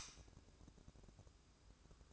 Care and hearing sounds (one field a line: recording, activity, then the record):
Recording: daily activity, microphone in the room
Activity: light off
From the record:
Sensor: 2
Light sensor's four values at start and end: 7/17/7/7 and 7/17/7/7